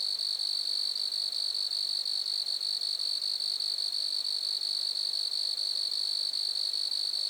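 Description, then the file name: Grasshopper buzzing, a constant high-pitched trill with a faint quick pulse, continuing without pause. Grasshoppers recorded at Lac-à-François, Montcerf-Lytton, Quebec, Canada. "criquets-grasshoppers- -lac-acc 80-franccca 7 ois-montcerf-lytton-quecc 81 bec-canada"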